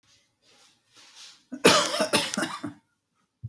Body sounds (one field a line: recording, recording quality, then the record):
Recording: shallow voluntary cough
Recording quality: excellent, no background noise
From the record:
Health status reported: healthy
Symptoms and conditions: cold, hypertension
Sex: male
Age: 50 years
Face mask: not worn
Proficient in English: yes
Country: India